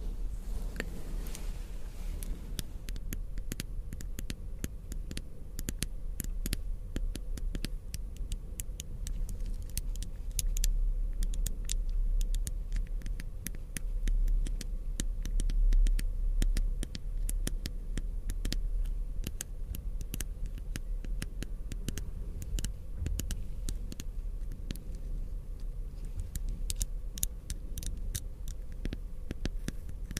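Crystals, beads and ice are tapped and scratched in a dense, irregular stream of sharp clicks and clinks running through the full thirty seconds. The clicks bunch more thickly toward the middle. A steady low rumble sits underneath throughout.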